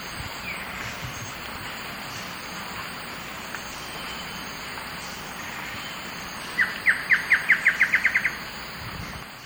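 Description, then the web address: Dugand's antwren: a quick run of about ten short notes, accelerating slightly, with insect buzz in the background. South America, eastern lowlands. "Natures Songs S America Eastern Lowlands. Dugand's Antwren"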